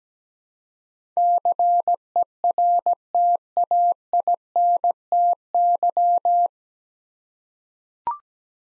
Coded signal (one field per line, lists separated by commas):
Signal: Morse code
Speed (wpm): 17 wpm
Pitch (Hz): 700 Hz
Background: none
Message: CERTAINTY